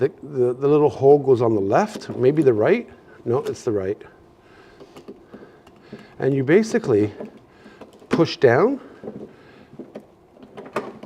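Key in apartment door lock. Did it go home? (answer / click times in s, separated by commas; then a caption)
released / 10.8 s. A key is inserted into an apartment door lock, pushed down and turned while someone talks. Small scrapes and taps come from the key in the lock. A sharp click at 10.8 s is the lock releasing open.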